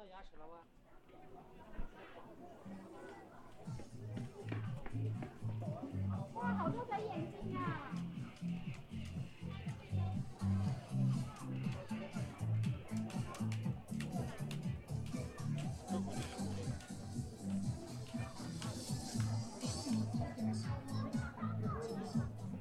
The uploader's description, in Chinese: 重庆洪崖洞